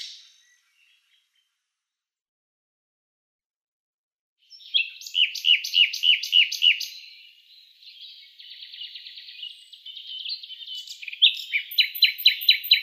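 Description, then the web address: Common nightingale song after a quiet start: a pulsing sequence of repeated notes, a buzzy middle section, and a fast chattering finish. "Schulze Peter Common Nightingale song"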